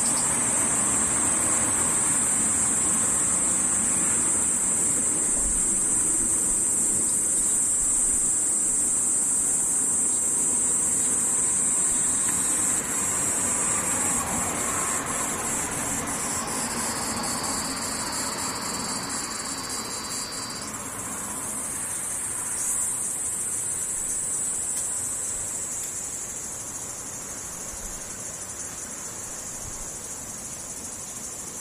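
Cicadas drone in a steady, dense high buzz throughout, with a lower band of buzzing appearing around 15 to 21 seconds before the sound shifts back. Beneath it runs a soft, continuous rumble like passing traffic, swelling gently around the middle.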